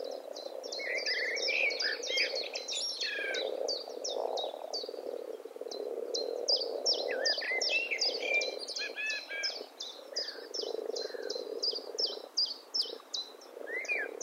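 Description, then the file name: Eurasian blackbird uttering dense, rapid high chink notes and short twittering phrases throughout. "Turdus merula"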